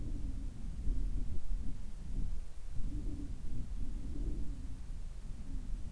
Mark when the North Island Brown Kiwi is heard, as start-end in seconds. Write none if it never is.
none